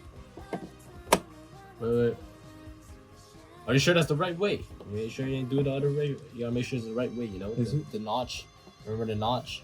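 A memory module or CPU is pressed down into a motherboard socket during a PC build, giving a sharp click at 1.1 s after a fainter tap at 0.5 s. The part is seated, though it may be the wrong way round. Music plays underneath, and someone talks for most of the clip.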